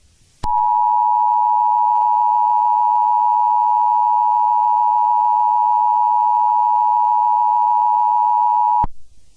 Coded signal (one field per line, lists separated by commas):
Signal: Emergency Alert System (SAME) tones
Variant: 853 and 960 Hz attention tone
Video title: Indominus rex escape (EAS SCENARIO Jurrasic World 2015)